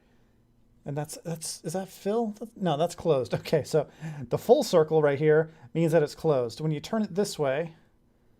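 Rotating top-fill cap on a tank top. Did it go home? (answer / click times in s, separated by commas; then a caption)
no / none. Someone talks while handling the rotating top-fill cap on the top of a Vapeston Ceramikas Subohm vape tank, which is about to be twisted to open the fill hole. Speech runs from about 0.9 s to 7.8 s with no distinct sudden sounds. Nothing has seated or clicked yet; the cap has not yet reached its open position.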